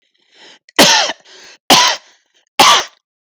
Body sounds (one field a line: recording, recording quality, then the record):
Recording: heavy voluntary cough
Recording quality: excellent, no background noise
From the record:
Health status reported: healthy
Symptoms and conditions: diabetes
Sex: male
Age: 45 years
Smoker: not ticked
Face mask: not worn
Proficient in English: yes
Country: India